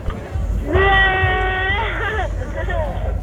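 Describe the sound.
A person imitates a sheep with one long, wavering, nasal bleat lasting about a second and a half, while people take turns imitating animal noises, heard over a low murmur of background chatter.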